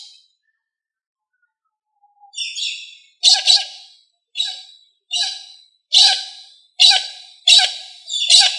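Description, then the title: Australorp chicken, quiet for about two seconds, then harsh squawking calls repeated steadily a little faster than once a second, each call rough and grating. "manok ostrali"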